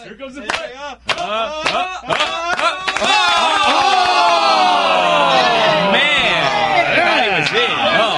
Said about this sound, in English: Why are you guys clapping back there? You guys are doing... Well, that's what you do when you're awaiting a tennis challenge. You clap.